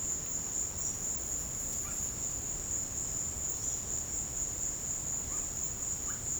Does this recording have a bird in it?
yes